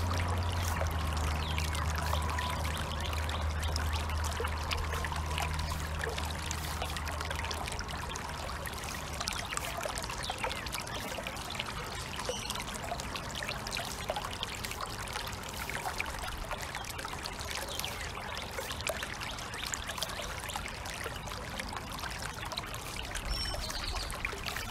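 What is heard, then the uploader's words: A natural water stream runs steadily, a dense, even rush of pouring and trickling water with bright splashy detail throughout. A low hum sits underneath for the first eight seconds or so, then fades, leaving the water's constant flow. Inner Peace & Water Stream Sounds.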